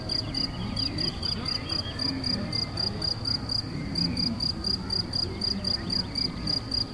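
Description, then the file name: Cricket chirping briskly, about four high pulses per second, with faint mid-pitched sweeps and a low rumbling background. Crickets recorded in Galicia on 24 May 2014 with an MZ-N 710 recorder. "MZ-N 710 Grillons la Galicia re 24 05 14"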